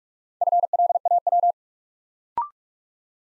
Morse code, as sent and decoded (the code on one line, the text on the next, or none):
..-. .-.. .- .--
FLAW